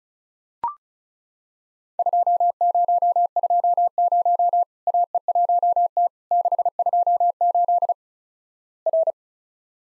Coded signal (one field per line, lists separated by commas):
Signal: Morse code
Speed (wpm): 36 wpm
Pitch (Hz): 700 Hz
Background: none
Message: 2020 AE1T 628 R